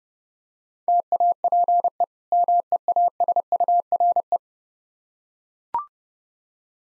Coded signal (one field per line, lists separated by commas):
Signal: Morse code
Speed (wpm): 30 wpm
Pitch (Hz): 700 Hz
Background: none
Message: TAPE MEASURE